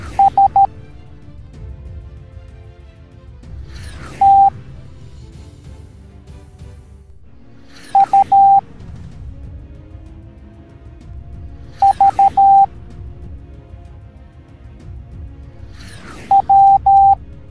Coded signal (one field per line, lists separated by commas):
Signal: Morse code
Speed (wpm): 13 wpm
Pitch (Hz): 790 Hz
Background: music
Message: S T U V W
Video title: Spider Gwen the Ghost Spider Teaching the Morse Code Alphabet Educational Video for Kids